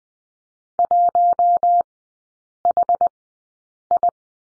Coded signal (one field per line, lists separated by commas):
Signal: Morse code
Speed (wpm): 19 wpm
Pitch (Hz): 700 Hz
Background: none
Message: 1 H I